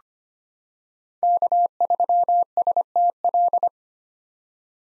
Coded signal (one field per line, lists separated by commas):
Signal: Morse code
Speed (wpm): 25 wpm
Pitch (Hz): 700 Hz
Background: none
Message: K3STL